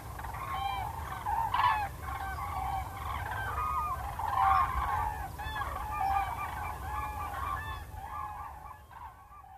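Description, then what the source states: Common crane flock trumpeting: many overlapping rolling, bugling calls in a noisy chorus over a low rumble, quieter toward the end. Cranes departing on autumn migration, to return in spring.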